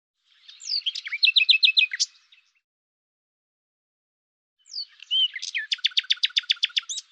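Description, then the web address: Common nightingale song: two phrases separated by a pause, each opening with a whistle and ending in a rhythmic string of loud, evenly repeated notes. "cianscape birddata Deverinetal 2025 Bird Lu Me"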